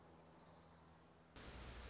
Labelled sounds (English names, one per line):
Orange-crowned Warbler